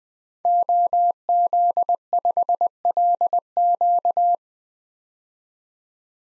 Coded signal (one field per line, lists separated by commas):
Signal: Morse code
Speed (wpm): 20 wpm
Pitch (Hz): 700 Hz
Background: none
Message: OZ5LQ